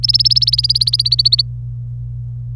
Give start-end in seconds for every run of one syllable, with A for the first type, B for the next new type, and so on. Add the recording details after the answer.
0.03-1.42 A. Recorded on 26 April 2018 at 08:19. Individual llb3